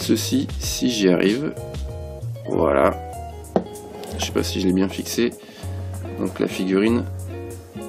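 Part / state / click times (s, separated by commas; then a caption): lower lightsaber piece into figurine statue / seated / 3.6 s. Someone talks over background music while pushing the lower lightsaber piece (ABS/PVC) into a Sega Star Wars Darth Vader figurine statue. After some effort it clips into place with a sharp click at 3.6 s, though it may not be fully fixed.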